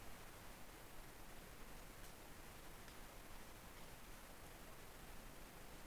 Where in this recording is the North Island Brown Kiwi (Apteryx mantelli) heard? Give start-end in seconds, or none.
none